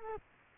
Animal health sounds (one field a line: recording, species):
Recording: mosquito wingbeat signal from an infrared sensor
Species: Culex quinquefasciatus